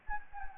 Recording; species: mosquito wingbeat signal from an infrared sensor; Anopheles gambiae